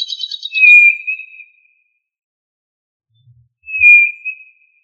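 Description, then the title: Tinamou: two long, thin whistles, the first coming right after a short burst of buzzy chattering. "Familia Tinamidae - Quail - Puyuh"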